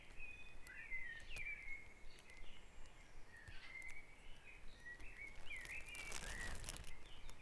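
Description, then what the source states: Birds in a dawn chorus, clear whistled phrases with quick up-and-down slurs, and a brief rush of noise near the end. Dawn chorus recorded on Back Dragon Avenue, Harrogate, as part of a sound map of the town.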